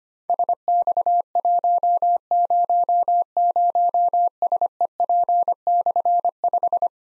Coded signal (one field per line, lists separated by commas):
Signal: Morse code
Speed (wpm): 25 wpm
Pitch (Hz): 700 Hz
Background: none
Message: SX100SEP/5